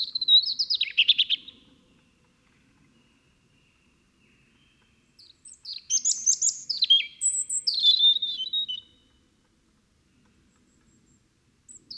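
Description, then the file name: European robin song with a quick twittering opening, silence, then a longer phrase of piercing high whistles dropping into softer warbles. "Erithacus rubecula"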